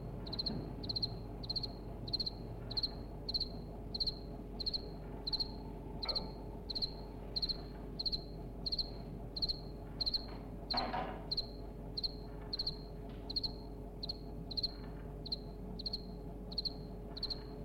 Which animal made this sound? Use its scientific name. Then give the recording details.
Acheta domesticus. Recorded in captivity. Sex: male. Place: DE. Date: 1962-02-09 15:45. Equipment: Smaragd, Grundig-Mikrofon. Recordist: unbekannt, keine Angabe. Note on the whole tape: Versuch 8: Gesang von Männchen 1, in Käfig in Nähe (ca. 70 cm) des Schlupfwinkels von Männchen 2 (bei Frau Reschke); Als Männchen 2 am Käfig herumklettert, verfällt Männchen 1 in Balzgesang